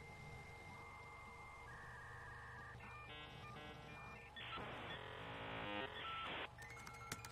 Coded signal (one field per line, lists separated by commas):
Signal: dial-up modem handshake